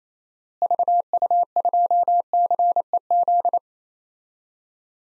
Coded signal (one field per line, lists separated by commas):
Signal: Morse code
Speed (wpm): 27 wpm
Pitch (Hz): 700 Hz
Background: none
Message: VU2CEZ